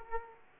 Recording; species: mosquito wingbeat signal from an infrared sensor; Aedes aegypti